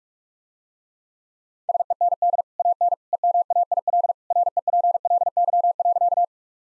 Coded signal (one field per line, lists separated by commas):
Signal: Morse code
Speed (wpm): 46 wpm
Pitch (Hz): 700 Hz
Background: none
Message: SEND AN EMAIL REPLY.